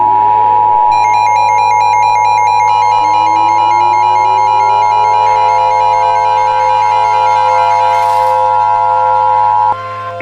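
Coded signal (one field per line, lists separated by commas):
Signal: Emergency Alert System (SAME) tones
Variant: 853 and 960 Hz attention tone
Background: music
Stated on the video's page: Hypothetical EAS scenario with simulated tones, not a real alert.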